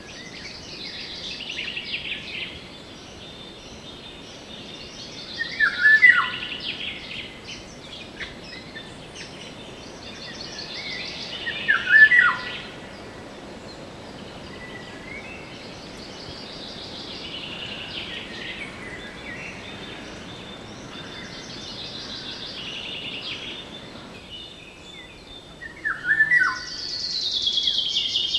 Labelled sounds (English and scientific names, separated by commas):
Eurasian Golden Oriole (Oriolus oriolus)